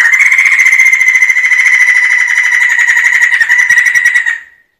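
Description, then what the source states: Sumatran laughingthrush giving a loud, unbroken rolling trill that holds a steady pitch with rich overtones for over four seconds, then stops abruptly. Song in the rolling style called ngerol.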